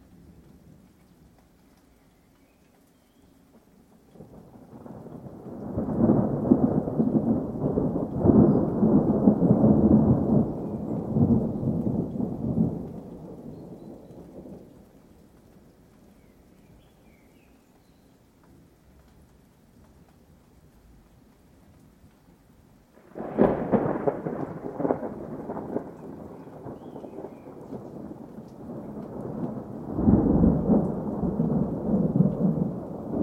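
Thunder rolls through a storm with light rain, first a long rumble building around five seconds and fading by fifteen. After a quieter stretch of soft rain, a sharper crack hits near twenty-three seconds and keeps grumbling heavily to the end.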